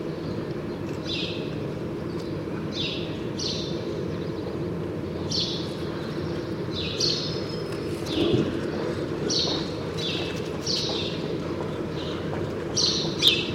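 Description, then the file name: House sparrow chirping, short bright cheeps at an uneven pace, some in pairs, over a constant low rumbling background noise. "Passer domesticus"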